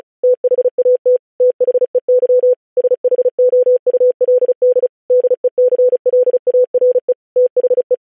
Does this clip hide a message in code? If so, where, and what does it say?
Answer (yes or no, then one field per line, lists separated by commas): yes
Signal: Morse code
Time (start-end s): 0.2-7.9 s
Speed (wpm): 36 wpm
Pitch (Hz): 500 Hz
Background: none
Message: THAT THEY SHOULD DECLARE THE